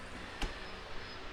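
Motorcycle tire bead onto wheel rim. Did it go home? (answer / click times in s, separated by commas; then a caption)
yes / 0.4 s. A motorcycle tire is mounted by hand onto a wheel rim, with a strap holding the bead under tension until it is released once the tire starts to go into place. Against a steady low background, a single sharp pop sounds at 0.4 s as the rubber bead seats onto the metal rim.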